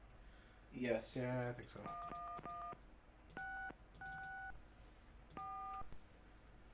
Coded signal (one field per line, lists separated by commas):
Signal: DTMF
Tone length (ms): 460 ms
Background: speech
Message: 11664